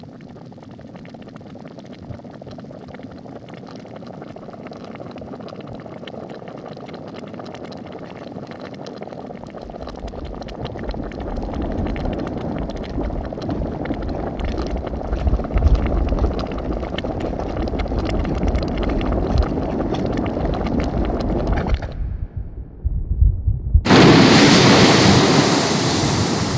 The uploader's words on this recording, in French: Le son d'un geyser en Islande. Le geyser Strokkur jaillit toutes les 5 à 10 minutes. Remugles, hoquets, bouillonnements, gargouillis, déflagration : le son du geyser en stéréo mêle l'eau, la terre, l'air et le feu. Mix : Christophe Rault - Prise de son & montage : Anthony Carcone.